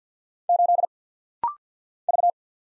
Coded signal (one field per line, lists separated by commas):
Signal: Morse code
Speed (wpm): 50 wpm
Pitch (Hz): 700 Hz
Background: none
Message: 8 V